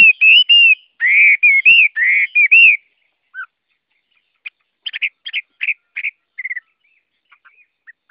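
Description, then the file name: Chinese hwamei song opening with a run of loud, looping whistles, followed by scattered softer chirps and short whistled notes. Song sung in the forest style called giọng rừng. "Tieng hoa mi hot giong rung"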